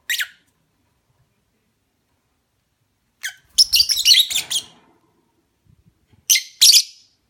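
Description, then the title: Lovebird chattering with a dense run of high, scratchy chirps in the middle, framed by a single shrill note at the start and a pair near the end. Lovebird mating call, used as a lure. "Suara Lovebird Kawin Untuk Pancingan"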